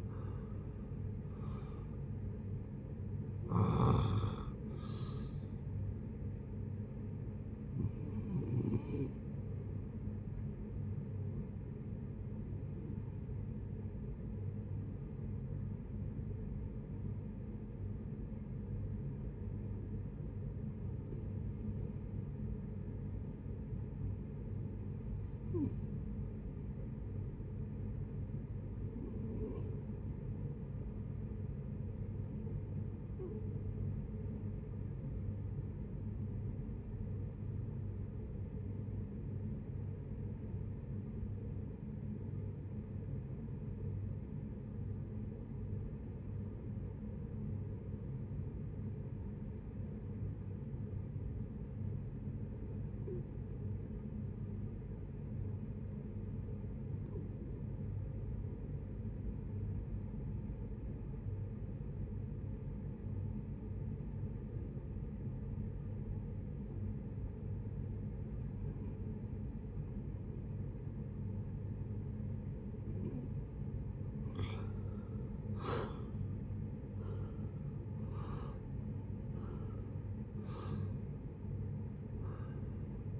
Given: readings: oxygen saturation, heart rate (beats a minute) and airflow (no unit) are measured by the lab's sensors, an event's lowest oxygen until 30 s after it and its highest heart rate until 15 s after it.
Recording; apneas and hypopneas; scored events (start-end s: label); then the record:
breathing in sleep by a smartphone at the bedside; 1
16.00-73.60 s: obstructive apnea (REM, oxygen 96% highest, then 57% lowest)
From the record:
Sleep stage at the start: REM sleep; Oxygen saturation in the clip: 62 to 96%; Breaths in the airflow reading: 8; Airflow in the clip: -14.0 to 11.3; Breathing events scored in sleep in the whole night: 496 in 5.4 hours asleep